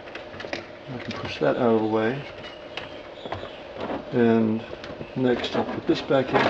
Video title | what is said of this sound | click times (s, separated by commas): How to Add an AUX Input to a Saab 9-3 | so this thing slide back in there it snaps in place I can | 0.5 s